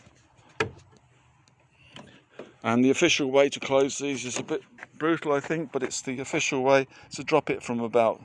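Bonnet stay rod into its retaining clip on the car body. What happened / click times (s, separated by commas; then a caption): The support rod snapped back into its clip / 0.6 s. On a Skoda Octavia, the bonnet stay rod is pushed back into its plastic retaining clip on the car body before the bonnet is closed, giving a sharp click at 0.6 s followed by a few faint taps. The rod seats in its clip, and then someone talks.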